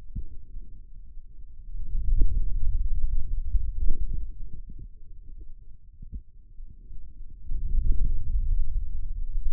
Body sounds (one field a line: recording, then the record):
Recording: forearm muscle sounds (acoustic myography)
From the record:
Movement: hand closing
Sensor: system 2, bracelet of six BSWA MPA416 microphones around the upper forearm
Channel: 6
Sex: male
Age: 22 years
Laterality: right